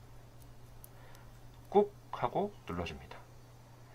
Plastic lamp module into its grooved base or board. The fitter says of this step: 그러면 딸깍 하는 소리가 나면서